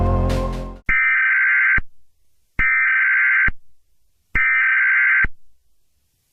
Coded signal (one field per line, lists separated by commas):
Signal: Emergency Alert System (SAME) tones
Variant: header bursts